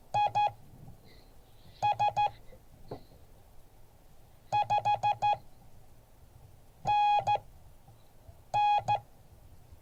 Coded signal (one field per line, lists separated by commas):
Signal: Morse code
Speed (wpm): 14 wpm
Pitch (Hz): 830 Hz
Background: none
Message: IS 5NN